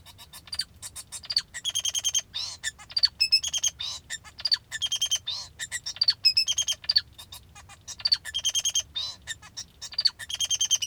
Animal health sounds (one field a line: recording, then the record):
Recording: song of a male Bengalese finch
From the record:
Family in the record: father 2